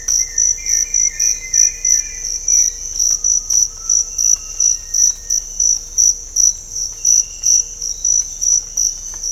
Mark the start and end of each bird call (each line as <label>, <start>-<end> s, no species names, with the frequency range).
bird call (1.3-3.0 kHz), 0.00-2.76 s
bird call (0.8-1.8 kHz), 3.09-4.64 s